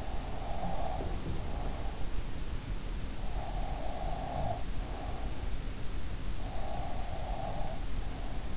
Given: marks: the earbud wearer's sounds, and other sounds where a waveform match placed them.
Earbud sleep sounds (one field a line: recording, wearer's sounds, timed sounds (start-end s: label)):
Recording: sounds in sleep by an in-ear microphone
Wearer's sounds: breath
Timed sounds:
0.34-2.06 s: breath
3.41-5.22 s: breath
6.52-8.57 s: breath